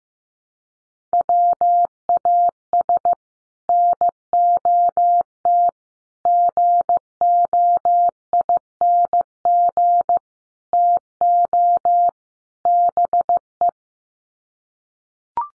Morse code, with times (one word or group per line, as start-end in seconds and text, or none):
1.1-3.1 WAS
3.7-5.7 NOT
6.3-10.2 GOING
10.7-12.1 TO
12.7-13.7 BE